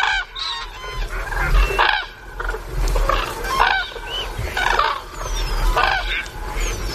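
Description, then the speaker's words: Common Cranes calling together, loud overlapping trumpeting calls sounding continuously. Cranes heard at night standing in water at a roost; they arrive in Spain in autumn by the thousands and are heard kilometres away. "Pero a mí me encanta ver a las grullas y escucharlas de noche cuando están metidas con las patas en el agua"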